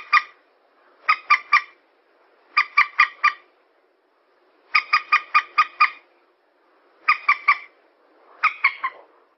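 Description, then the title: Yellow-vented bulbul harsh calls, short chattering notes delivered in several bursts of three to six, separated by short pauses. Bird lure recording. "PIKAT TRUCUKAN"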